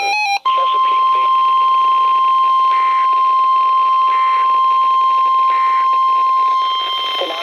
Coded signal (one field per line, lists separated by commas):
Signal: Emergency Alert System (SAME) tones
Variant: 1050 Hz attention tone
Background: speech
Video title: Special Marine Warning [EAS 97/98] | NOAA Weather Radio (11/23/2011)